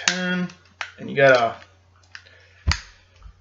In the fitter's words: until it clicks all the way in make sure do